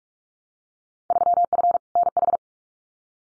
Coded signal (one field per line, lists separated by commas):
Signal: Morse code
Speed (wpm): 44 wpm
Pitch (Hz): 700 Hz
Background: none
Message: 3F NH